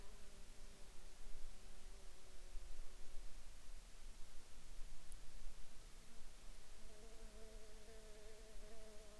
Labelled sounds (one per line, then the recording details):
insects
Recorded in the Arctic National Wildlife Refuge, Alaska, on 11 July 2019 at 09:21
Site 42